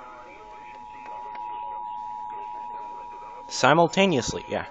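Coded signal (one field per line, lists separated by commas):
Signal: Emergency Alert System (SAME) tones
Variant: 853 and 960 Hz attention tone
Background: speech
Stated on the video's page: Illinois Required Monthly Test relayed by broadcast stations.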